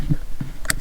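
A plastic base for a ghost paddle shift kit on a Peugeot RCZ is lined up and pushed down into the steering wheel housing. After a soft low bump around 0.4 s, a sharp bright click sounds at 0.7 s. The base is seated and secure.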